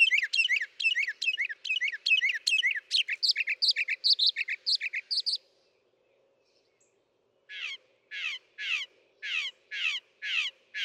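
Northern mockingbird song: a fast jumble of varied twittering notes, a pause, then a row of notes repeated about every half second.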